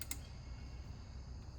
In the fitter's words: snaps right in.